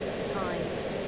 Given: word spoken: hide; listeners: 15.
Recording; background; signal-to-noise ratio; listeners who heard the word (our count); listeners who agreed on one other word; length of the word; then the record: one English word in noise, from a listening test; speech-shaped noise; -6.6 dB; 1 of 15; 8 of 15; 0.68 s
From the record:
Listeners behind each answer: 8, 3, 1, 1, 1, 1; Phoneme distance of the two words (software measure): 20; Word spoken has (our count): 1 syllable, 3 phonemes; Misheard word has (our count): 1 syllable, 3 phonemes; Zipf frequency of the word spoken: 4.66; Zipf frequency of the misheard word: 6.35